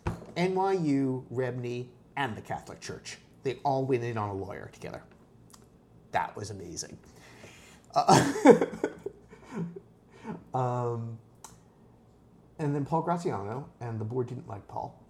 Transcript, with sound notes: NYU, REBNY, and the Catholic Church––they all went in a lawyer together. That was amazing. [laughs] And then Paul Graziano, and the board didn’t like Paul